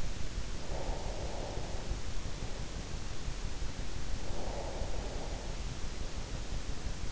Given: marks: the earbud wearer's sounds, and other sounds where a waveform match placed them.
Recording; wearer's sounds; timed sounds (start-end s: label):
sounds in sleep by an in-ear microphone; breath
0.52-2.15 s: breath
4.09-5.65 s: breath